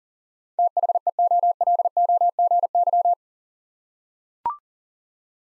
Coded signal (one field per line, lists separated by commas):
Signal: Morse code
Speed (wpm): 38 wpm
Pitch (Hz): 700 Hz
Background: none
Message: THEOLOGY